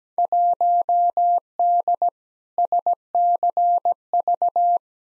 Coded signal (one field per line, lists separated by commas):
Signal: Morse code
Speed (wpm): 17 wpm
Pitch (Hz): 700 Hz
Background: none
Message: 1D SCV